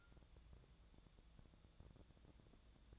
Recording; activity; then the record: daily activity, microphone in the room; take from stove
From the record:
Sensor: 3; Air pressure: 999.9 hPa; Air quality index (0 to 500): 126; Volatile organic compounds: 2 ppm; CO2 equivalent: 1127 ppm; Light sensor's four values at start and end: 47/119/51/57 and 47/119/51/57